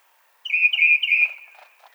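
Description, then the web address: Tufted titmouse singing a single phrase of three loud, clear whistled notes in quick succession, the last one trailing off, against otherwise quiet surroundings. Recorded on 24 March 2007. "Tufted Titmouse 2007 03 24"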